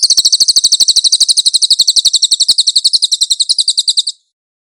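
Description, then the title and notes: Pygmy Bushtit song: one sustained, very high, rapid trill of evenly spaced notes running about four seconds before stopping abruptly. Master (training) recording of the Cililin. "SUARA BURUNG CILILIN. CICILIN"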